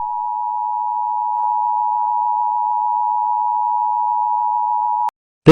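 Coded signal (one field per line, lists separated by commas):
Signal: Emergency Alert System (SAME) tones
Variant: 853 and 960 Hz attention tone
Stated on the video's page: Fictional alert tones for a simulated deadly computer virus scenario.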